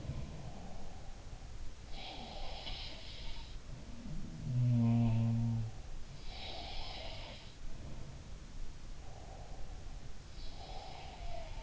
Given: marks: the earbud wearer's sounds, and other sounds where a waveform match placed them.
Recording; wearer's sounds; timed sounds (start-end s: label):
sounds in sleep by an in-ear microphone; breath
0.00-2.94 s: breath
1.84-3.29 s: sound from someone else or the room
4.07-7.56 s: sound from someone else or the room
8.98-11.63 s: breath
10.77-11.63 s: sound from someone else or the room